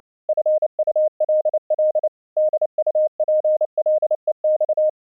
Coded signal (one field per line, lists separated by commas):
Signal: Morse code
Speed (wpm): 29 wpm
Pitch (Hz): 620 Hz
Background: none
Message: FULL DUPLEX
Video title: Low Latency Audio Streaming using the FREE AUDIO SERVER from StreamYourAudio.Com, Morse code example